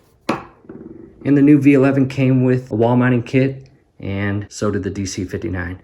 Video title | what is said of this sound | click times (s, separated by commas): Dyson V6 vs V11 vacuum review | to stow it just push the button and slide it into place until it clicks just like that pretty neat | 0.3 s